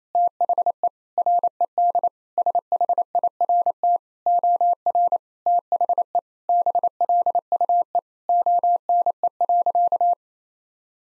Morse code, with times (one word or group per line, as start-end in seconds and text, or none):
0.1-0.9 THE
1.2-2.1 RED
2.4-4.0 SHIRT
4.3-5.2 OR
5.5-6.2 THE
6.5-8.0 BLUE
8.3-10.1 ONE.